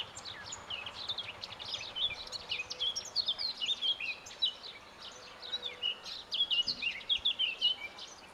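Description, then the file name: Eurasian blackcap song: repeated rich warbled phrases with clear whistled notes. "Sylvia atricapilla"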